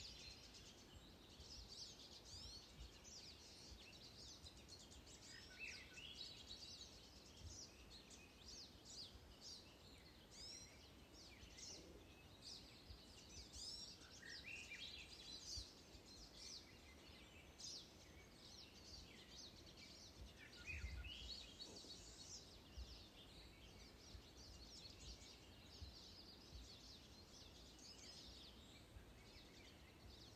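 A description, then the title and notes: Dawn birdsong outdoors: many birds chirp and trill at once in a dense, overlapping chorus, mostly high and bright, with a few clearer calls around the middle and near twenty seconds. A steady low rumble of wind or noise runs underneath throughout. This is a 43-second recording of dawn birdsong from our recent camping trip—usually it’s surround-sound Swainson’s thrush spiraling trills but I only heard one of those.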